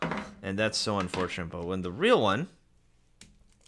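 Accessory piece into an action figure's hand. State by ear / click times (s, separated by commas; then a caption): seated / 3.2 s. An accessory piece is pushed into the plastic hand of a genuine action figure and snaps into place at 3.2 s with a short, sharp click. Someone talks during the first 2.5 seconds, and a couple of faint small clicks follow the snap. The accessory is seated.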